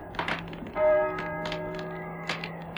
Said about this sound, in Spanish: ¿Oyes? ¿Oyes? Las campanas doblan. La oración ha sonado en San Juan del Duero.